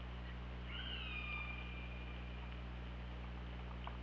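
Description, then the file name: Killer whale call, a single upswept harmonic call that then holds level and fades, against steady low hum. OrcaLab hydrophone, 24 August 2017 at 21:20. "Orca Lab UTLN JASON 20170824 212030 h 2 LL ORCALABDYNI"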